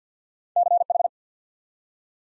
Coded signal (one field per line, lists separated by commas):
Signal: Morse code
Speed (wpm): 52 wpm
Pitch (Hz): 700 Hz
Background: none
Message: CH